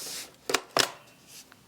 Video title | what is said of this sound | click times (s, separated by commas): Black & Decker Cordless Sweeper Vacuum - Unboxing and Review | and it clicks right into place you want to make sure it's facing down towards | 0.5 s, 0.6 s, 0.8 s